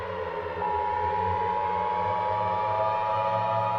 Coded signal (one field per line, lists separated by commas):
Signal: Emergency Alert System (SAME) tones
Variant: 853 and 960 Hz attention tone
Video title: EAS Scenario #22 | PAMA Outbreak